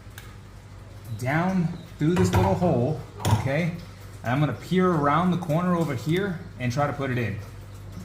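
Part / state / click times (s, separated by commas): gas strut end fitting onto body ball stud / not seated / none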